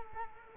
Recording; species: mosquito wingbeat signal from an infrared sensor; Culex quinquefasciatus